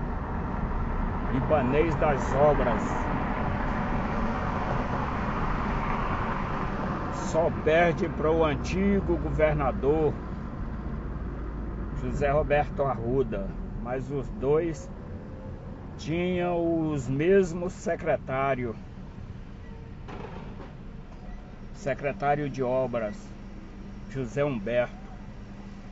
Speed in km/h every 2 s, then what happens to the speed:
38, 40, 38, 36, 33, 30, 21, 16, 12, 9, 4, 0, 0.
3-21 slows to 0. 21-26 standing.